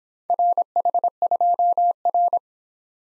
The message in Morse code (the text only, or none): RH2R